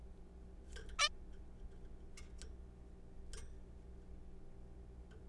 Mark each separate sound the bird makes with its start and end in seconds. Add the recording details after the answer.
0.99-1.08. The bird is a juvenile. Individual R3428